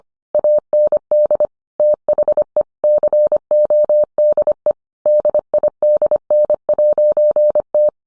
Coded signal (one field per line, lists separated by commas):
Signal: Morse code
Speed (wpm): 25 wpm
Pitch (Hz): 600 Hz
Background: none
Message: AND THE CODE DIDN'T